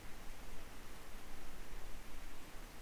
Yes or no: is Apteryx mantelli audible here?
no